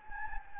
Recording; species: mosquito wingbeat signal from an infrared sensor; Anopheles gambiae